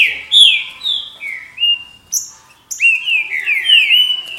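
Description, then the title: Green-winged saltator song: loud slurred whistles, mostly falling, in a quick phrase, a short pause, then a longer run of downslurred whistled notes. "Trinca Ferro"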